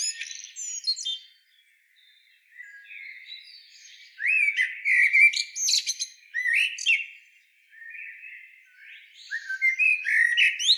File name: Turdus merula